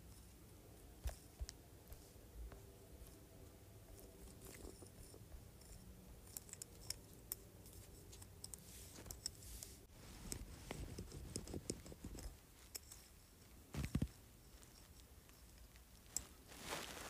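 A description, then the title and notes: A jade roller moves with soft, low rubbing and rolling sounds, broken by sharp little clicks every second or two. The rolling grows fuller and denser around ten to twelve seconds, a louder knock lands near fourteen seconds, and a bright scrape closes it. ASMR Jade Roller.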